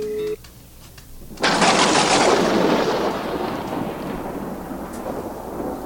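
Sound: thunder sound effect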